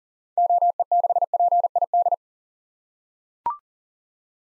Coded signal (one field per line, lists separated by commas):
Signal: Morse code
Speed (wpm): 37 wpm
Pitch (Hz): 700 Hz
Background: none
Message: OE6PID